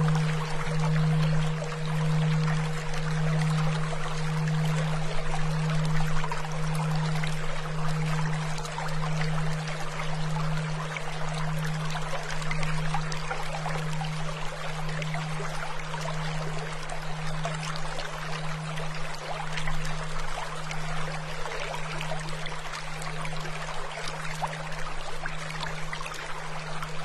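A low 77.4 Hz hum throbs in slow pulses for about twelve seconds, then settles steady, beneath a constant rushing, water-like hiss.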